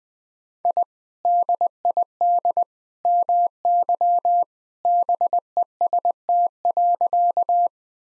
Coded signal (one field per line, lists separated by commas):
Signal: Morse code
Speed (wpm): 20 wpm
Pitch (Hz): 700 Hz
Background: none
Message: I DID MY BEST.